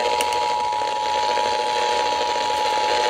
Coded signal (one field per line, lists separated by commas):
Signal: Emergency Alert System (SAME) tones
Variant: 853 and 960 Hz attention tone